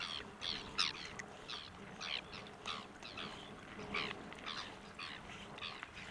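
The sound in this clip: Ivory gull calls, harsh high grating cries given in short bursts, several per second at times, over a steady background hiss.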